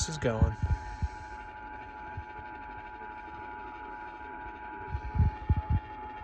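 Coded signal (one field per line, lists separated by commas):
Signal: Emergency Alert System (SAME) tones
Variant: 853 and 960 Hz attention tone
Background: speech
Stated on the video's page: Missoula Required Monthly Test run on a Saturday, the first on a weekend.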